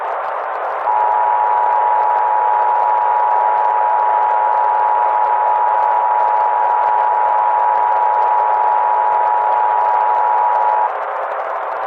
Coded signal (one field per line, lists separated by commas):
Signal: Emergency Alert System (SAME) tones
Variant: 853 and 960 Hz attention tone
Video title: EAS Scenario/Analog & Digital Horror - Galactic Empire Invasion